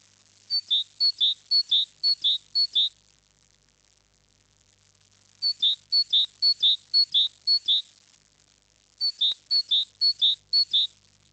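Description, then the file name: Great tit singing bright two-note phrases, high then lower, in three bursts of about five repeats each, separated by short pauses. "Sykora konadra"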